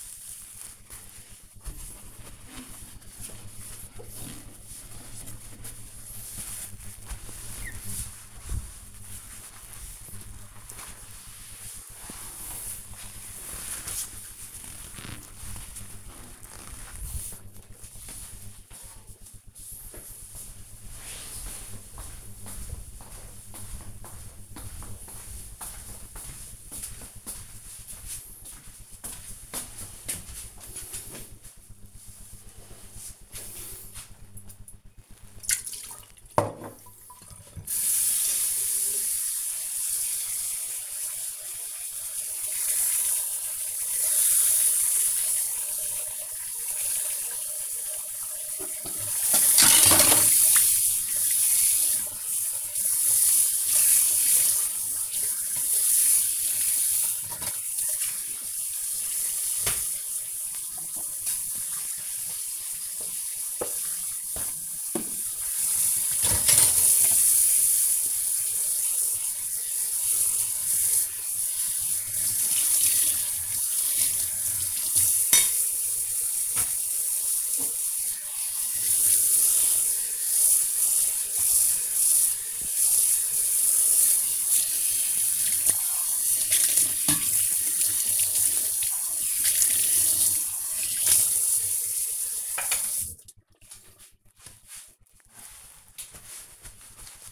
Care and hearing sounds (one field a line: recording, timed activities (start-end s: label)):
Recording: household activities, microphone on the right wrist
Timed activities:
0.00-17.21 s: window cleaning
36.34-92.74 s: washing dishes